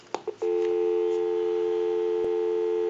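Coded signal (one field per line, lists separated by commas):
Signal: telephone call progress tone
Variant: North America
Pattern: dial tone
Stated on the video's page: Call progress tone from a Western Electric 302 rotary desk telephone during checkout and repair conversion.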